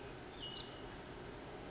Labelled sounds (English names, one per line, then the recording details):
Pacific Wren
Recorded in Sonoma County, California